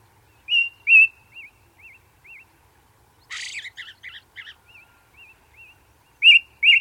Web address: Ring Ouzel singing, with song of second bird, Red Grouse & Cuckoo in background. Sound Effects-BBC Cuckoos